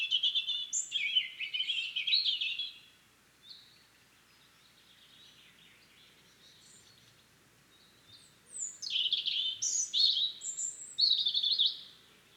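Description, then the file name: European robin delivering two separate song phrases of tumbling, high-pitched warbles and thin whistles, divided by a few seconds of quiet. "Erithacus rubecula"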